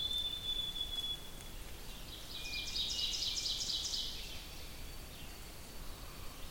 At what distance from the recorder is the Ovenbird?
about 60 m